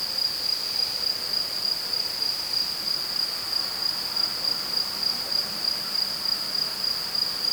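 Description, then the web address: Insect trilling: a steady, high-pitched, unbroken tone with a faint regular pulsing over a soft background hiss. "Insect Set 459"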